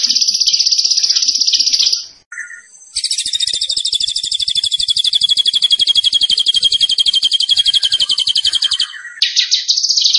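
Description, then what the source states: Tembakan bird song: long, high, buzzing trills of rapidly repeated notes, with a short break and a brief lower chirp between phrases. Tembakan bird singing energetically (gacor), used for training cage birds.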